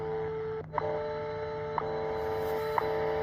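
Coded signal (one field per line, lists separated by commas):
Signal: radio time signal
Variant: WWV/WWVH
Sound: steady low hum tone broken by a short tick once per second, three ticks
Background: radio static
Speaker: WWV, WWVH, and RWM. That high pitched sound there. RWM from Talda, Moscow.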